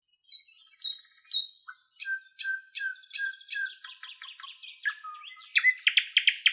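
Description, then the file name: Nightingale singing a sequence of pure whistled notes, then sharp clicks, soft flat piping and a quick series of loud repeated notes at the end. "solovey long"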